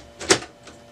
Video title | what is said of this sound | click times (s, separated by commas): HP MFP M-130 - How to Change your Drum - Onyx imaging | And once you hear that one click, you know it's in there. | 0.3 s